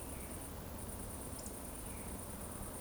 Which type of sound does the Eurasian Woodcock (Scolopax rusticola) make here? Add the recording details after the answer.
whistle. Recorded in Baden-Württemberg, Germany, on 25 June 2020 at 20:19 UTC. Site 14569, 102 m above sea level